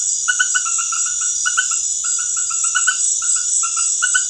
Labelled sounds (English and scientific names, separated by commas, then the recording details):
none
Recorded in dense forest near Puerto Asís, Putumayo, Colombia, on 21 February 2024 at 20:00
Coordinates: 0.505, -76.324
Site G6467